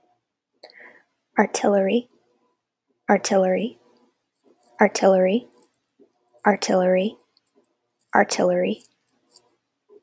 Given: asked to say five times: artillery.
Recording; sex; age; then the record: repeated word; female; 20 to 29 years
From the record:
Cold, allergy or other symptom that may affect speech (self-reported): no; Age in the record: 27 years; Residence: Texas, United States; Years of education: 13